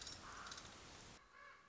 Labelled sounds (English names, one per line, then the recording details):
Common Raven
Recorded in Sonoma County, California